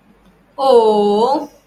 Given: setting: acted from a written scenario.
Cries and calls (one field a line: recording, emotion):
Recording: vocal sound without words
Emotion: sympathy